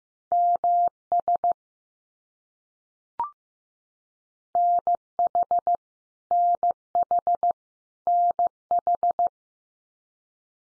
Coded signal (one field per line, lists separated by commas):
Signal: Morse code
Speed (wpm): 15 wpm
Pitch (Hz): 700 Hz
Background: none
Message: MS NH NH NH